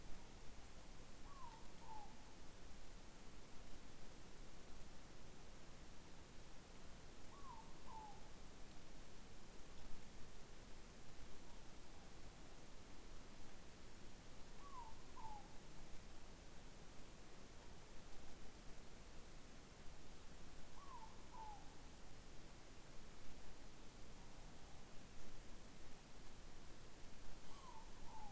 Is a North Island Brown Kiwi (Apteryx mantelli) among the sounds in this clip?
no